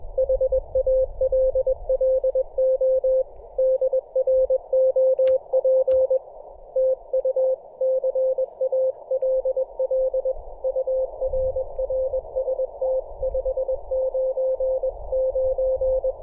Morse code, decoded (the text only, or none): HALLO DROP TU CALL UR RST 599